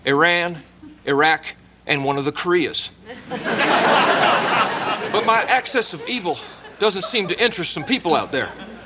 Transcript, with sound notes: Iran, Iraq and one of the Koreas.: (Soundbite of laughter) But my axis of evil doesn't seem to interest some people out there.